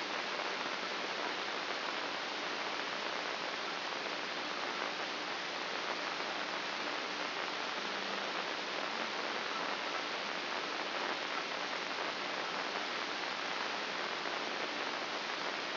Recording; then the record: brain microelectrode recording played as sound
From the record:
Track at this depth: outside the subthalamic nucleus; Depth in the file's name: 8.028 mm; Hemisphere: left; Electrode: 2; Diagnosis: Parkinson's disease